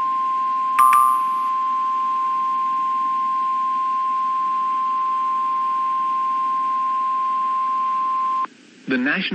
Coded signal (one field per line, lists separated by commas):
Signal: Emergency Alert System (SAME) tones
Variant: 1050 Hz attention tone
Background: speech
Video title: (EAS #13) Snow Squall Warning for Southeastern Berks, Montgomery and Chester, PA